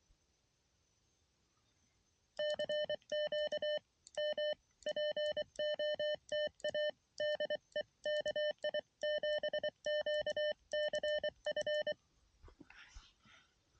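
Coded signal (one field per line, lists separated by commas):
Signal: Morse code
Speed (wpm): 24 wpm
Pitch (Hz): 600 Hz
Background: none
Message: CQ M POTA DE KI7QCF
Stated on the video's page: Mountain Topper MTR3B QRP radio in the field for a POTA activation, sent with a paddle into a mini no-tune end-fed half-wave antenna.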